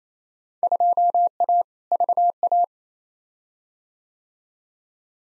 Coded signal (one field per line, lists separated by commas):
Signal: Morse code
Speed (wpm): 27 wpm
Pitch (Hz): 700 Hz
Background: none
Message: 2A VA